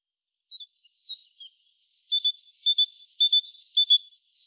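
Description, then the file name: Great tit song: a few soft notes, then rapid alternating two-note phrases, high then slightly lower, repeated steadily for about two and a half seconds. "Parus major"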